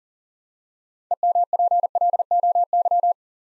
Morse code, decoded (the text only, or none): EMPLOY